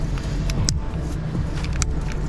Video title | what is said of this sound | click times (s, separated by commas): Audi Q5 TFSI (Part 1) - Spark Plugs Do What??? | You hear them click? That's what you want. | 0.7 s, 1.8 s